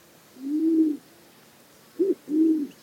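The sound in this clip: Band-tailed Pigeon cooing: a long, low, hollow coo, a pause, then a short clipped coo followed by another drawn-out low note.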